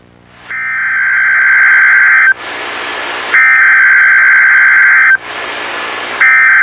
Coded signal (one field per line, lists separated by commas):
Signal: Emergency Alert System (SAME) tones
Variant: header bursts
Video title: EAS Mock - Space Shuttle Debris in Texas